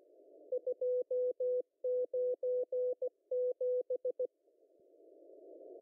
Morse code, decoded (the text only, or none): 297